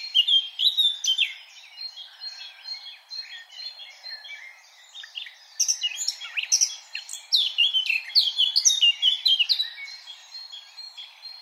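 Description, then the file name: Eurasian blackcap warble, bright chirping phrases at first, a softer stretch, then a louder, denser run of rapid high notes and trills. "Sylvia atricapilla"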